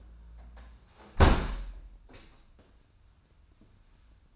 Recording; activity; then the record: daily activity, microphone in the room; close window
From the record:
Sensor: 2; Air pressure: 994.3 hPa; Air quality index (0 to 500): 210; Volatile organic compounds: 1000 ppm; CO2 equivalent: 6989 ppm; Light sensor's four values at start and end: 69/159/66/65 and 66/154/63/62